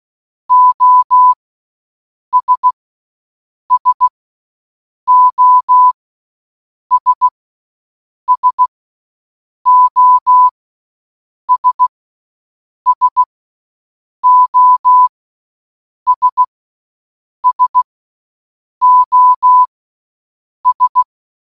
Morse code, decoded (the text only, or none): OS SOS SOS SOS SOS